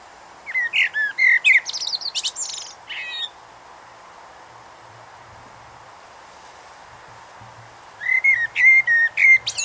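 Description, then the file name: Eurasian blackbird song: two bursts of warbled phrases mixing fluty notes and high squeaky twitters, separated by about five seconds of quiet. "Turdus merula"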